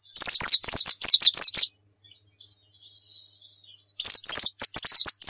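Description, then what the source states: White-eye giving two quick bursts of sharp, high twittering notes separated by a pause of about two seconds. Muria-type white-eye, used as a masteran (training song) for white-eyes.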